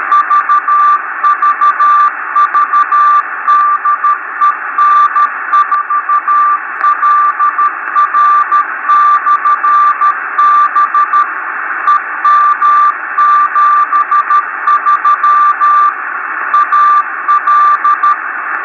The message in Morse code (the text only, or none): VVV DE N4LR/B EM73 AL